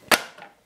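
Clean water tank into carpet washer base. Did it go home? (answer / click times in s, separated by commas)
yes / 0.1 s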